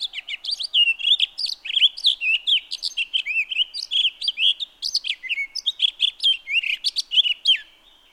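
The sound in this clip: Townsend's solitaire singing a long, rambling warble of quick slurred and buzzy notes for about eight seconds.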